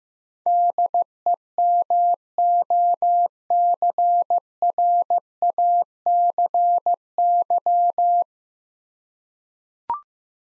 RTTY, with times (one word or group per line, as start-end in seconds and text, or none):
none